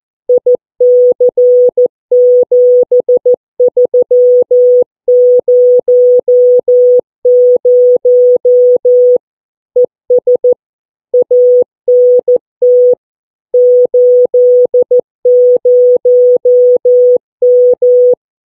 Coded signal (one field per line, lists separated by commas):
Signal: Morse code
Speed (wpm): 14 wpm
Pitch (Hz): 490 Hz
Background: none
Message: IC7300 ES ANT 80M